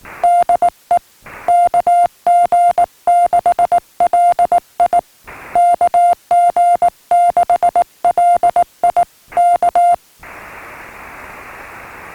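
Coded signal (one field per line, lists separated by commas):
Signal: Morse code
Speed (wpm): 18 wpm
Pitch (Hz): 700 Hz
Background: music, radio noise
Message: DE KG6LI KG6LI K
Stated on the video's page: Summit activation of Onyx Peak (W6/CT-044); restored recording.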